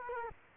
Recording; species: mosquito wingbeat signal from an infrared sensor; Culex quinquefasciatus